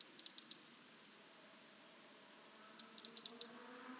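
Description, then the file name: European robin calling with two quick runs of sharp, high tick notes separated by a couple of seconds of silence. "Erithacus rubecula"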